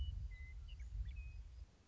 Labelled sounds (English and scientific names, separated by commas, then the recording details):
Western Meadowlark (Sturnella neglecta)
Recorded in Sonoma County, California